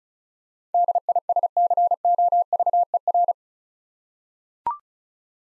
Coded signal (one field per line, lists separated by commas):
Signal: Morse code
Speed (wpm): 36 wpm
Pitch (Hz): 700 Hz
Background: none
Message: DISCOVER